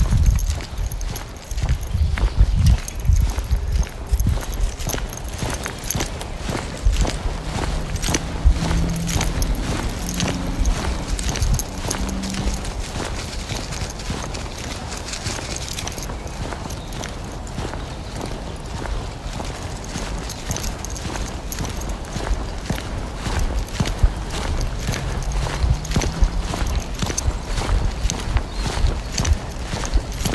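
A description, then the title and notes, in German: A walk in the forest with a dog: steady crunching footsteps throughout, a few faint voices around 8–12 and 25 seconds. Abends mit dem Hund raus. Eine Stunde Spaziergang im Wald mit Hund.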